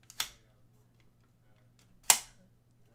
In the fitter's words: hear like snap in place that's really cool I never